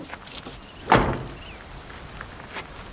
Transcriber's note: soundbite of doors shutting